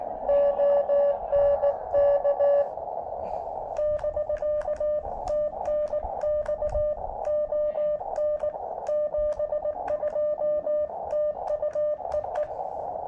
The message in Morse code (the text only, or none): ON K <BK> TNX ON 72 TU EE